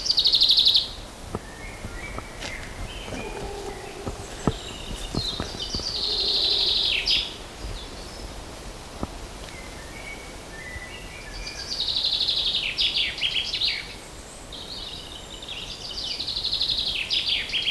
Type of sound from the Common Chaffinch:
song